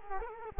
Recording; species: mosquito wingbeat signal from an infrared sensor; Culex quinquefasciatus